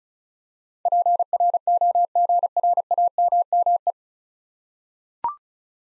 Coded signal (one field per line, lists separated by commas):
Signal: Morse code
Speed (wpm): 33 wpm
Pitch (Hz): 700 Hz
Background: none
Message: PROGRAMME